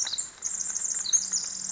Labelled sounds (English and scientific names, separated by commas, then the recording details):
Pacific Wren (Troglodytes pacificus)
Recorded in Sonoma County, California